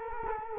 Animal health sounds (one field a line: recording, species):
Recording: mosquito wingbeat signal from an infrared sensor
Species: Culex quinquefasciatus